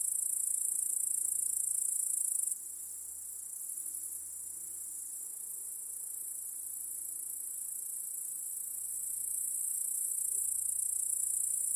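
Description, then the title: Crickets keep up a steady high shimmering trill, softening after a couple of seconds and then building again, with a faint low hum underneath. Cricket chorus in a home backyard at night. "Crickets in Your Backyard. Discovering the Sounds of Home"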